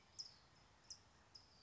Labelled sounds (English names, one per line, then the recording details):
California Towhee
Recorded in Sonoma County, California